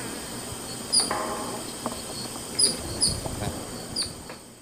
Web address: Natures Songs S America Eastern Lowlands Heliomaster longirostris, feeding calls